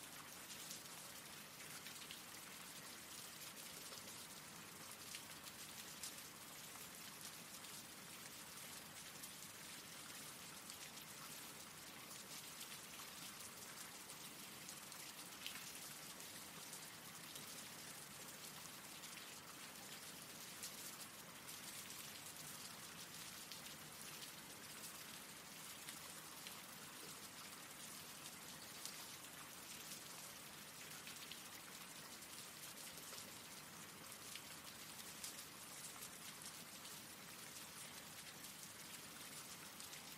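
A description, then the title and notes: Rain falls steadily throughout, a dense hiss of countless drops that stays even in level from start to finish. The sound is bright and full, with faint individual patters flickering through the wash but no distinct events or changes. RAIN SOUNDS.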